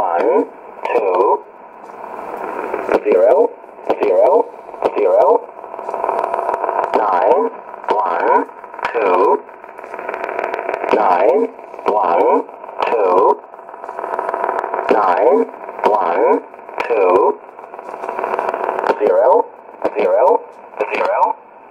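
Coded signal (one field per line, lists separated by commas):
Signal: numbers station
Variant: E07a, English male voice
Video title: 15 06 2017 Numbers station E07a English Man in English to Eu 0450 on 9133 in USB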